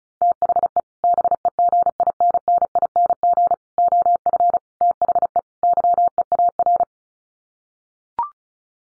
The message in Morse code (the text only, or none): THE BEGINNING OF THE YEAR